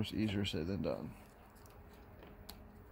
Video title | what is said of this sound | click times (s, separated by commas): Chevy equinox 2010-17 wiper blades replacement | All right. Once you get it all snapped in just like that, all you're going to do is literally slide this right | 2.5 s